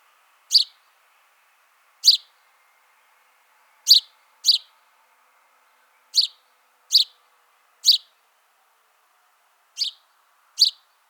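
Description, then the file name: House sparrow calling with nine clipped chirps, some single and some in quick pairs, against a quiet backdrop. "Passer domesticus"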